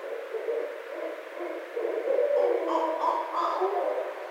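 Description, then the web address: Barred owl calling in a run of low hoots that grow louder, with higher notes in the second half. Recorded 17 February 2012. "Barred Owl 2012 02 17"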